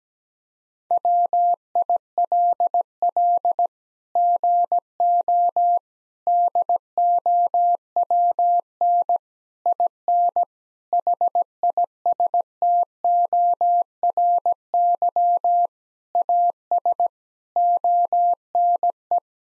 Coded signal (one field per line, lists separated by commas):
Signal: Morse code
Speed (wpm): 17 wpm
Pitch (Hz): 700 Hz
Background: none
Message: WILL GO DOWN IN HISTORY AS ONE